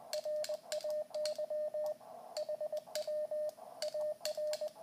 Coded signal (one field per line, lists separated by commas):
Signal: Morse code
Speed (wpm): 20 wpm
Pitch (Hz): 610 Hz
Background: radio noise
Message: RAY HW AR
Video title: Le Code Morse Pour La Survie.